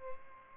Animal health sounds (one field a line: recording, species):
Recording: mosquito wingbeat signal from an infrared sensor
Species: Aedes albopictus